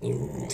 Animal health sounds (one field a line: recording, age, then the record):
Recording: pig call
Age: weaner (32 to 43 days)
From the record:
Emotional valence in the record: negative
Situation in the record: novel object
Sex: female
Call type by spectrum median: low-frequency call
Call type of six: high-frequency modulated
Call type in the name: high-frequency modulated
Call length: 0.54 s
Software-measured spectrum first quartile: 247 Hz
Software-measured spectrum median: 611 Hz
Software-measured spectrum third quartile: 5619 Hz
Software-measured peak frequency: 402 Hz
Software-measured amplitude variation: 151 dB a second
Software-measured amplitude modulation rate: 21.2 a second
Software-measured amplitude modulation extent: 7.1 dB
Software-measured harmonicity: 2.8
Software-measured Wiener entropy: -5.63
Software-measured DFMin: 1348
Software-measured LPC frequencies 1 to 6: 376, 2111, 3608, 4249, 5145, 5663 Hz